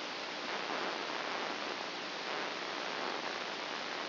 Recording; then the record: brain microelectrode recording played as sound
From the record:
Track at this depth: inside the subthalamic nucleus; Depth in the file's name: 3.004 mm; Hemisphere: right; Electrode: 2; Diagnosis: Parkinson's disease